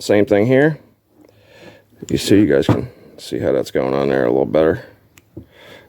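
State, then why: Seated. Dust seal caps are pressed by hand onto both sides of a shock linkage pivot bearing on a 250R while someone talks. Two short clicks at 5.2 s and 5.4 s mark each cap seating on.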